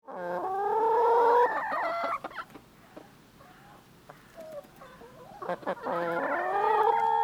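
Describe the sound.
Chicken clucking, a loud rising harmonic call at the start, scattered soft clucks in a quieter middle, then another long call building at the end.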